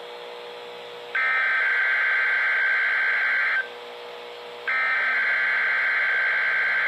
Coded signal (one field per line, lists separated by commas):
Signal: Emergency Alert System (SAME) tones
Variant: header bursts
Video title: Eas required weekly test EAS 28